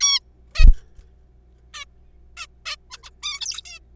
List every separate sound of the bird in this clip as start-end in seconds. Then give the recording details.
0.01-0.20, 0.55-0.65, 1.74-1.85, 2.37-2.46, 2.66-2.76, 2.90-2.97, 3.03-3.10, 3.23-3.40, 3.41-3.61, 3.65-3.79. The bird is a juvenile. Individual R3428